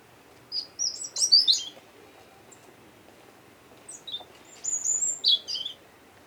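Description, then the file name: European robin singing two high, thin phrases of quick warbled and trilled notes, separated by a pause of about two seconds, over faint steady background hiss. "Erithacus rubecula"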